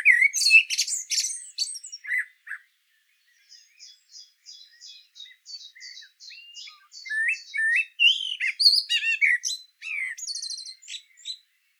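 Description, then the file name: Common blackbird song with loud high twittering at the start, then a run of short repeated chips and warbled phrases that build into varied squeaky notes. "Turdus merula"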